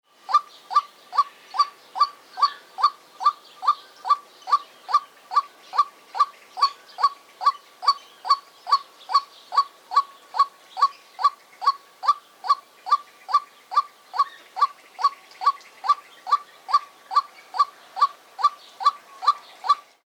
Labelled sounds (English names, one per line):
White-breasted Waterhen